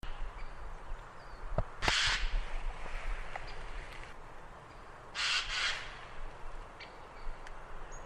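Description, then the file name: Eurasian jay giving two harsh, rasping screeches a few seconds apart, with scattered faint clicks and a low background rumble. "Garrulus glandarius"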